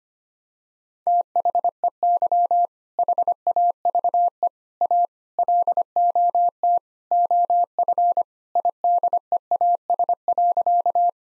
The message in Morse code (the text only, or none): THEY HAVE A LOT OF IDEAS.